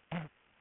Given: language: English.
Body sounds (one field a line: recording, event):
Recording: throat vibration sensor signal played as sound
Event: throat clearing